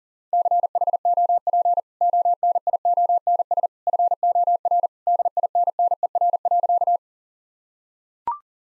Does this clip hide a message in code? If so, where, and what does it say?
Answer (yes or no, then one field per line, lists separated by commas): yes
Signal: Morse code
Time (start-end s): 0.3-7.0 s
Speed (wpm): 40 wpm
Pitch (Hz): 700 Hz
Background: none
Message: CHOP ONIONS FOR DINNER.